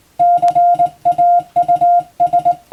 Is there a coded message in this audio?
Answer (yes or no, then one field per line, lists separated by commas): yes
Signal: Morse code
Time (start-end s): 0.2-2.5 s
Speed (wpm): 21 wpm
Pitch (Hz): 700 Hz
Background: music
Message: CAUS